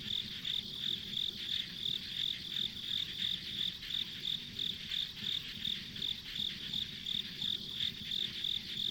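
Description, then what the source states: Chirping insects, a high repeated pulse close to three times a second riding on a continuous buzzing chorus, faint low noise beneath. Insects as ambient sound on a country road.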